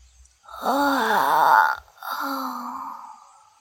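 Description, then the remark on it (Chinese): A child, woken by the sound of talking, gives a long, voiced yawn while stretching, with a wavering, rising-and-falling pitch, then trails off into a softer, lower, steady groan as the breath runs out. “小四子似乎是被说话的声音吵醒了，打了个哈欠，伸了个懒腰”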